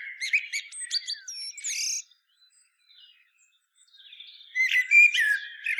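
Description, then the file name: Common blackbird song with a fluty phrase closing in shrill squeaks, a near-silent pause, then a new warbled phrase begins. "Turdus merula"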